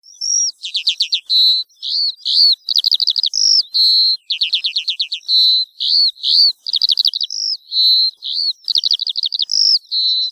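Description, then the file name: Eurasian skylark song, a fast unbroken stream of high chirps, buzzy trills and slurred whistles with hardly a pause, varied throughout. "Allodola"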